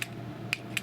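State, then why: Not seated. A plastic joint on the lower legs or feet of a transforming robot toy figure is worked back and forth to see whether it locks, giving three short, sharp plastic ticks near 0.0, 0.5 and 0.8 seconds over a low background hum. Nothing has seated or clicked into place yet; the joint fails to lock because its locking part was left out.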